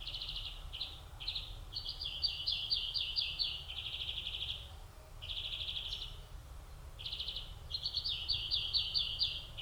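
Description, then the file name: European greenfinch song: bright rolling trills strung together in series, broken by brief gaps, over a low background rumble. "Chloris chloris"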